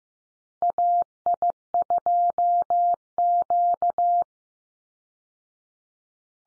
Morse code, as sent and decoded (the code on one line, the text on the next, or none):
.- .. ..--- --.-
AI2Q